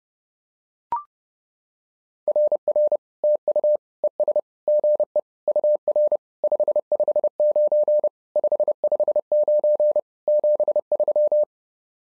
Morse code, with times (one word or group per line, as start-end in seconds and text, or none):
2.3-3.0 RR
3.2-3.8 TU
4.0-4.4 ES
4.7-5.2 GE
5.5-6.2 UR
6.4-8.1 559
8.4-10.0 559
10.3-11.4 73